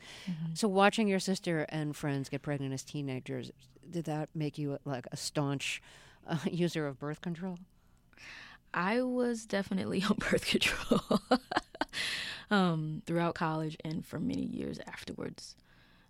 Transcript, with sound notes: So watching your sister and friends get pregnant as teenagers, did that make you like a staunch user of birth control?
I was definitely on birth control...
(LAUGHTER)
...throughout college and for many years afterwards.